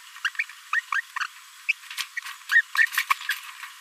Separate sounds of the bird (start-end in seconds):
0.24-0.28, 0.73-0.80, 0.94-1.01, 1.24-1.27, 1.69-1.72, 2.17-2.20, 2.51-2.61, 2.75-2.77, 2.97-3.02, 3.10-3.13